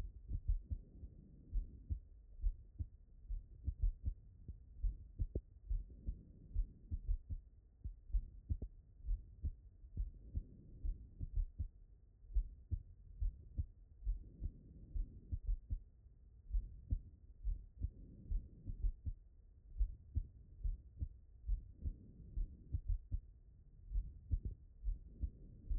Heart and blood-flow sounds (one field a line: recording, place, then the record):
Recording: heart sounds by stethoscope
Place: pulmonary valve (PV)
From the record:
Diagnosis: non-HFrEF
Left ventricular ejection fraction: 62%